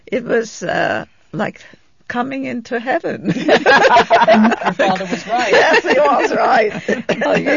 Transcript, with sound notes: It was like coming into heaven. ( they laugh )
Your father was right.
Yes, he was right!